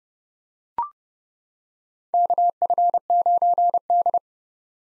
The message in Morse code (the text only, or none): KF9D